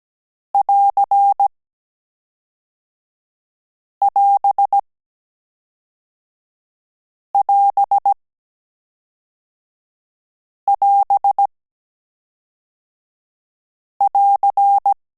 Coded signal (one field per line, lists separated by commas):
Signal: Morse code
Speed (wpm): 17 wpm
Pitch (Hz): 800 Hz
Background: none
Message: <AR><AS><AS><AS><AR>